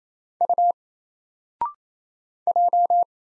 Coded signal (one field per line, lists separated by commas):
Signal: Morse code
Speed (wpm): 27 wpm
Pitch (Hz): 700 Hz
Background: none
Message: U J